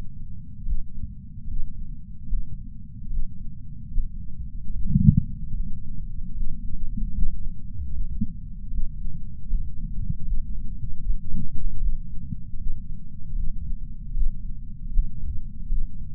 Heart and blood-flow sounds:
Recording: heart sounds by patch sensor on the chest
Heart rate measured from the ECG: 76 bpm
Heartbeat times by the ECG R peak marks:
0.66 s: heartbeat
1.48 s: heartbeat
2.29 s: heartbeat
3.11 s: heartbeat
3.93 s: heartbeat
4.74 s: heartbeat
5.55 s: heartbeat
6.35 s: heartbeat
7.15 s: heartbeat
7.93 s: heartbeat
8.72 s: heartbeat
9.49 s: heartbeat
10.26 s: heartbeat
11.04 s: heartbeat
11.81 s: heartbeat
12.60 s: heartbeat
13.36 s: heartbeat
14.15 s: heartbeat
14.93 s: heartbeat
15.71 s: heartbeat
From the record:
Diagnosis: coronary artery disease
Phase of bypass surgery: preoperative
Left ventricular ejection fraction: 63%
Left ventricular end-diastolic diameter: 47 mm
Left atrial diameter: 37 mm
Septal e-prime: 4.5 cm/s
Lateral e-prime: 7.1 cm/s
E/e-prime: 8.6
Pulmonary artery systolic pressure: 20 mmHg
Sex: male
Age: 77 years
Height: 160 cm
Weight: 79.5 kg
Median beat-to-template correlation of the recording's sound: 0.81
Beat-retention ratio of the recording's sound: 0.99

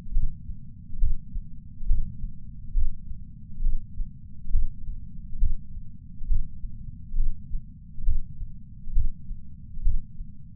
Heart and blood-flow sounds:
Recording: heart sounds by patch sensor on the chest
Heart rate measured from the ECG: 68 bpm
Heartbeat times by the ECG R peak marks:
0.12 s: heartbeat
0.99 s: heartbeat
1.87 s: heartbeat
2.75 s: heartbeat
3.63 s: heartbeat
4.51 s: heartbeat
5.39 s: heartbeat
6.29 s: heartbeat
7.17 s: heartbeat
8.05 s: heartbeat
8.93 s: heartbeat
9.83 s: heartbeat
From the record:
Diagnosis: coronary artery disease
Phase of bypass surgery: preoperative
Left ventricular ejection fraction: 58.9%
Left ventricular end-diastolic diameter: 51 mm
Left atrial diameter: 51 mm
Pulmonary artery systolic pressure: 40 mmHg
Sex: male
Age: 73 years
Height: 170 cm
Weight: 85 kg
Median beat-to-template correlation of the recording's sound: 0.81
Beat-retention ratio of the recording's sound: 0.95

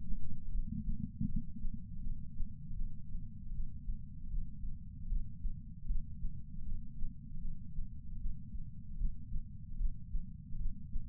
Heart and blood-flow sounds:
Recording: heart sounds by patch sensor on the chest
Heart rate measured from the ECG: 78 bpm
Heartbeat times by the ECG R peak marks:
0.50 s: heartbeat
1.26 s: heartbeat
2.01 s: heartbeat
2.75 s: heartbeat
3.51 s: heartbeat
4.29 s: heartbeat
5.07 s: heartbeat
5.86 s: heartbeat
6.63 s: heartbeat
7.39 s: heartbeat
8.17 s: heartbeat
8.96 s: heartbeat
9.76 s: heartbeat
10.57 s: heartbeat
From the record:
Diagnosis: coronary artery disease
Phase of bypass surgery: preoperative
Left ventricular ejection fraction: 32.2%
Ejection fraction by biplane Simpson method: 32%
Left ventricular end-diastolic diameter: 64 mm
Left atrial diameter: 40 mm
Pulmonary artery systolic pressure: 18 mmHg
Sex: male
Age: 49 years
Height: 175 cm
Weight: 80 kg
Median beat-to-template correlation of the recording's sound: 0.84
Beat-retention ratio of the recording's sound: 1.00

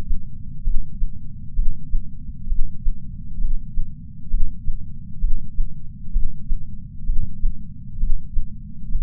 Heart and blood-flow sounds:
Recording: heart sounds by patch sensor on the chest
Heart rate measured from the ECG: 65 bpm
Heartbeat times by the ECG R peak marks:
0.65 s: heartbeat
1.57 s: heartbeat
2.50 s: heartbeat
3.42 s: heartbeat
4.32 s: heartbeat
5.22 s: heartbeat
6.14 s: heartbeat
7.07 s: heartbeat
8.01 s: heartbeat
8.93 s: heartbeat
From the record:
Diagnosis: coronary artery disease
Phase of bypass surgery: preoperative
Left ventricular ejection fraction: 62.1%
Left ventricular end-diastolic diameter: 45 mm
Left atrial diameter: 40 mm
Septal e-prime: 8 cm/s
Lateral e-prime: 10 cm/s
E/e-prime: 5.6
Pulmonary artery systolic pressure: 22 mmHg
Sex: male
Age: 60 years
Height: 170 cm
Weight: 67 kg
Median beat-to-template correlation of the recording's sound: 0.93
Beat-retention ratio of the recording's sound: 1.00

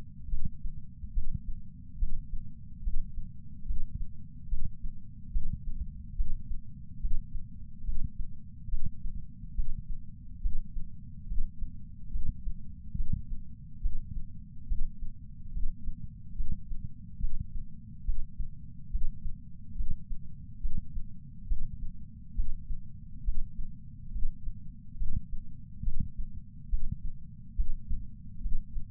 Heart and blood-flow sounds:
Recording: heart sounds by patch sensor on the chest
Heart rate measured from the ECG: 70 bpm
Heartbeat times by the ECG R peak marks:
0.30 s: heartbeat
1.14 s: heartbeat
1.99 s: heartbeat
2.83 s: heartbeat
3.66 s: heartbeat
4.49 s: heartbeat
5.32 s: heartbeat
6.16 s: heartbeat
7.01 s: heartbeat
7.85 s: heartbeat
8.70 s: heartbeat
9.55 s: heartbeat
10.42 s: heartbeat
11.27 s: heartbeat
12.11 s: heartbeat
12.96 s: heartbeat
13.82 s: heartbeat
14.68 s: heartbeat
15.53 s: heartbeat
16.36 s: heartbeat
17.20 s: heartbeat
18.05 s: heartbeat
18.91 s: heartbeat
19.76 s: heartbeat
20.61 s: heartbeat
21.48 s: heartbeat
22.35 s: heartbeat
23.24 s: heartbeat
24.12 s: heartbeat
24.98 s: heartbeat
25.84 s: heartbeat
26.70 s: heartbeat
27.56 s: heartbeat
28.41 s: heartbeat
From the record:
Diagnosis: coronary artery disease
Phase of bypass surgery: preoperative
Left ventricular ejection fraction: 65.2%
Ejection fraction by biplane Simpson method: 56.6%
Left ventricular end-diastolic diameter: 45 mm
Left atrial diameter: 34 mm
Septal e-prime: 5.7 cm/s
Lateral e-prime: 8.2 cm/s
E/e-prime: 7.6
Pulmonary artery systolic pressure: 21 mmHg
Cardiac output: 6.8 L/min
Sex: male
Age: 69 years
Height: 174 cm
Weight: 79 kg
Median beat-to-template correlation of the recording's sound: 0.95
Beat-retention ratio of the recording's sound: 0.99

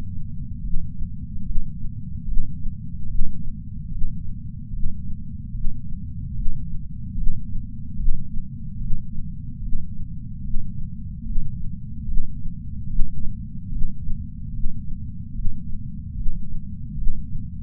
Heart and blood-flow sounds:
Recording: heart sounds by patch sensor on the chest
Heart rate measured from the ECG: 73 bpm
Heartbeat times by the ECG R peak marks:
0.60 s: heartbeat
1.42 s: heartbeat
2.24 s: heartbeat
3.06 s: heartbeat
3.88 s: heartbeat
4.70 s: heartbeat
5.51 s: heartbeat
6.33 s: heartbeat
7.14 s: heartbeat
7.95 s: heartbeat
8.77 s: heartbeat
9.59 s: heartbeat
10.41 s: heartbeat
11.23 s: heartbeat
12.04 s: heartbeat
12.86 s: heartbeat
13.68 s: heartbeat
14.50 s: heartbeat
15.31 s: heartbeat
16.13 s: heartbeat
16.94 s: heartbeat
From the record:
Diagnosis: coronary artery disease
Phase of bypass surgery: intraoperative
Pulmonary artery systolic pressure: 14 mmHg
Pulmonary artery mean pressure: 10 mmHg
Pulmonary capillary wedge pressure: 9 mmHg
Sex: female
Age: 74 years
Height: 160 cm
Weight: 64 kg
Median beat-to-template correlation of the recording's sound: 0.90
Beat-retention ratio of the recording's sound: 0.99

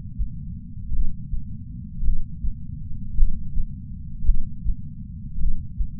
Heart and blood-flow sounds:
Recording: heart sounds by patch sensor on the chest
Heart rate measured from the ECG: 54 bpm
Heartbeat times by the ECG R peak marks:
0.90 s: heartbeat
2.01 s: heartbeat
3.14 s: heartbeat
4.23 s: heartbeat
5.37 s: heartbeat
From the record:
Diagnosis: coronary artery disease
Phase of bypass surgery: postoperative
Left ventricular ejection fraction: 51.3%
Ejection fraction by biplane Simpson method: 50.8%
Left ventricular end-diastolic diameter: 53 mm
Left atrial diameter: 44 mm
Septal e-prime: 5.6 cm/s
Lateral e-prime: 9.8 cm/s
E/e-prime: 14.5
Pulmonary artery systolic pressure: 20 mmHg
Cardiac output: 6.3 L/min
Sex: male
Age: 70 years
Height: 165 cm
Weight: 70 kg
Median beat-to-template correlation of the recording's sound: 0.86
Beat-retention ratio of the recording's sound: 1.00

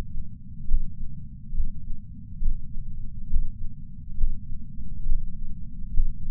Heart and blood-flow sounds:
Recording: heart sounds by patch sensor on the chest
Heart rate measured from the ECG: 68 bpm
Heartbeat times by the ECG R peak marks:
0.69 s: heartbeat
1.55 s: heartbeat
2.43 s: heartbeat
3.31 s: heartbeat
4.19 s: heartbeat
5.07 s: heartbeat
5.95 s: heartbeat
From the record:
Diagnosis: coronary artery disease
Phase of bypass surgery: preoperative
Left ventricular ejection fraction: 69.1%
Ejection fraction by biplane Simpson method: 68.2%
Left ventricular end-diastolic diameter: 44 mm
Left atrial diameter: 36 mm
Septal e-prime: 8.3 cm/s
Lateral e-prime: 8.5 cm/s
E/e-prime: 10.7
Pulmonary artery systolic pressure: 35 mmHg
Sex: male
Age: 76 years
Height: 165 cm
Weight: 79 kg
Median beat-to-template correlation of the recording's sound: 0.89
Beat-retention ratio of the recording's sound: 0.98

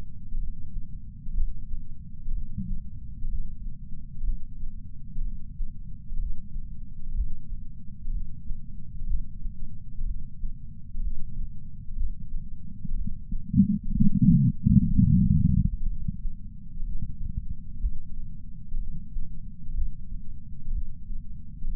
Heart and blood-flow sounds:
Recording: heart sounds by patch sensor on the chest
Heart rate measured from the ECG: 62 bpm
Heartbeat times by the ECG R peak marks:
0.38 s: heartbeat
1.33 s: heartbeat
2.32 s: heartbeat
3.28 s: heartbeat
4.22 s: heartbeat
5.22 s: heartbeat
6.18 s: heartbeat
7.13 s: heartbeat
8.11 s: heartbeat
9.06 s: heartbeat
10.04 s: heartbeat
11.00 s: heartbeat
11.95 s: heartbeat
12.94 s: heartbeat
13.91 s: heartbeat
14.86 s: heartbeat
15.86 s: heartbeat
16.83 s: heartbeat
17.79 s: heartbeat
18.77 s: heartbeat
19.73 s: heartbeat
20.71 s: heartbeat
21.68 s: heartbeat
From the record:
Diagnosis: coronary artery disease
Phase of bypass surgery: postoperative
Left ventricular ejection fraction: 68.2%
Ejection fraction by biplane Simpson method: 62.7%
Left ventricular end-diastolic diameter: 48 mm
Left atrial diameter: 40 mm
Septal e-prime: 8.6 cm/s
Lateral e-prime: 10.2 cm/s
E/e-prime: 10.9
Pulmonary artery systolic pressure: 38 mmHg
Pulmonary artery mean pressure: 18 mmHg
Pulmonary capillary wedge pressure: 11 mmHg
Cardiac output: 6.45 L/min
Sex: male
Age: 57 years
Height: 175 cm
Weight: 80 kg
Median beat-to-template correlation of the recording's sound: 0.76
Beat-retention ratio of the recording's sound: 0.99

